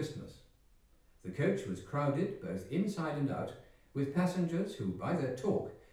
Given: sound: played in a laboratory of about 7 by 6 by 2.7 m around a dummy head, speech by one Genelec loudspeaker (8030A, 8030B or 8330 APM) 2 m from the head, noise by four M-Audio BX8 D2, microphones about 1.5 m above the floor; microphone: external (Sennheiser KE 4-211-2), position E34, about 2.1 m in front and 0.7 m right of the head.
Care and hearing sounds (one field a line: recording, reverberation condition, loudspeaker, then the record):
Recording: male speech in English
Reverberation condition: medium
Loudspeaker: behind (180 degrees)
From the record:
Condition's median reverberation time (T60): about 510 ms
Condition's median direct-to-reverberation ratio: about -0.5 dB